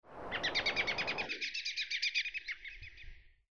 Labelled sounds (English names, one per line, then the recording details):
American Robin
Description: Sound recording of an American Robin, Yellowstone National Park, Wyoming